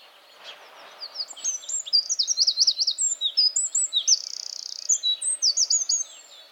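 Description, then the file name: Eurasian wren song: a loud, rapid, high-pitched run of tumbling warbled notes, including a fast rattling trill midway, sustained for about five seconds. "Troglodytes troglodytes"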